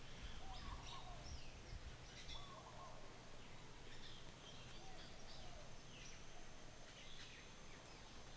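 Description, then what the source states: Birds calling faintly, short chirps and notes scattered throughout over a steady low hum and background noise. Birds heard in the distance.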